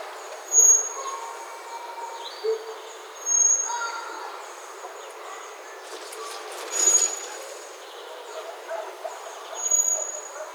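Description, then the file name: Common blackbird giving thin, high whistled calls repeated every few seconds over a steady broad background hiss. "Turdus merula"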